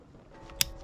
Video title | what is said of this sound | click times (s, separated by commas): Yamaha Jetboat - Hydrophase Ridesteady Install | and you'll hear a click and then make sure it's in if you want to give a | 0.6 s